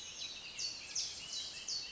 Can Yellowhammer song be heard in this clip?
no